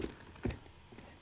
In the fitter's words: and you hear little click and that's it